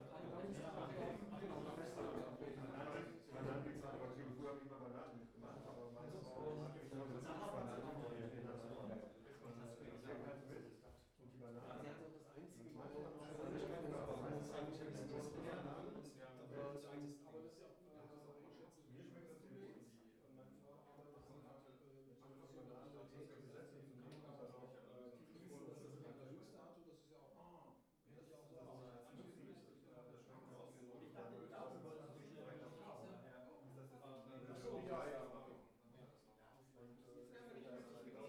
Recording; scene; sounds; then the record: everyday scene through a hearing-aid microphone; many people talking; many voices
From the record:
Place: bistro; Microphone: behind the ear, right, rear